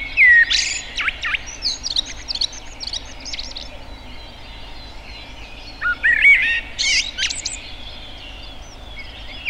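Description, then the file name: Common blackbird song in two bursts, each a brief mellow whistle running into thin, scratchy high twitters, with a quiet gap between the phrases. "Turdus merula"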